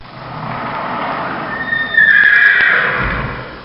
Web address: Bobby Cole Horse-Whinny